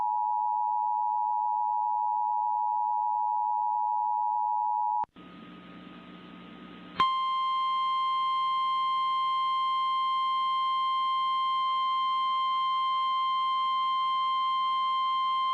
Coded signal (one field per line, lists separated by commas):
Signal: Emergency Alert System (SAME) tones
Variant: 853 and 960 Hz attention tone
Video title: HOW MANY BUSTS ARE WE GONNA HAVE?! | EAS Alerts from 8/20/26